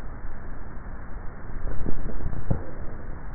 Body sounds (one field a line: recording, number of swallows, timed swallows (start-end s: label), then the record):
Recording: swallowing sounds by neck microphone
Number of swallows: 1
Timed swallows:
1.62-3.05 s: swallow
From the record:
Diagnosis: dysphagia